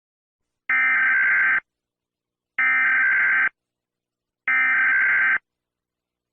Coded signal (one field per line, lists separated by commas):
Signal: Emergency Alert System (SAME) tones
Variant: header bursts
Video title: ZVG6-24 (Zombie virus outbreak) EAS scenario | part 1